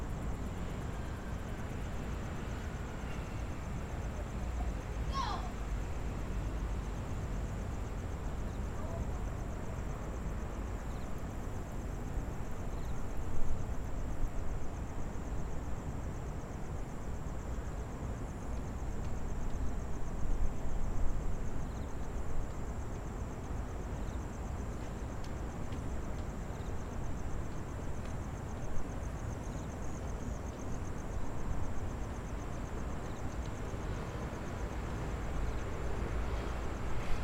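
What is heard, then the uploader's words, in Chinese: Insects trill in a thin, steady high line that runs unbroken above a dense, low rumble of city traffic near a riverside bridge. The traffic swells slightly around 13 and 21 seconds, and a brief rising whine cuts through near the five-second mark. 蟲鳴重奏_台北松山彩虹橋。很多民眾晚上都在這裡散步,騎腳踏車或路邊閒聊著,伴著微風吹拂。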